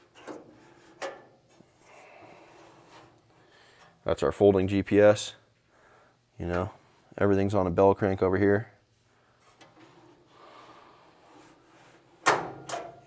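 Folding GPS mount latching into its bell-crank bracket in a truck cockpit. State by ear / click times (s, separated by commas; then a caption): seated / 12.7 s. A folding GPS mount on a bell crank in a truck cockpit is swung into position amid light rubbing and handling sounds, while someone talks in two bursts around 4–5 s and 6.5–8.7 s. A faint tap comes at 9.6 s, then a sharp hit at 12.7 s as the mount latches and locks in place.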